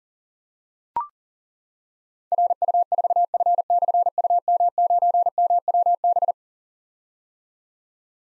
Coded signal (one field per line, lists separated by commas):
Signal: Morse code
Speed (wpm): 40 wpm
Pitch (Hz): 700 Hz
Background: none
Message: RU4F/UM9MWB